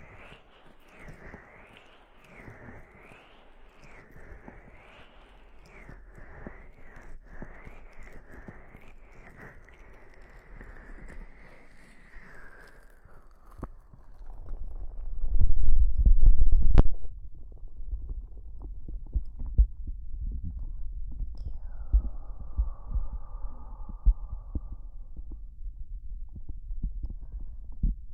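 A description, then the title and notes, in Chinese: Ears are gently massaged with cool gel, heard muffled, with soft low thumps and rubbing throughout. A wavering whine rises and falls for about twelve seconds, then slides away. A loud pressing rumble comes near 16 seconds, and a brief steady tone follows later. 用冷凝胶轻轻按摩耳朵。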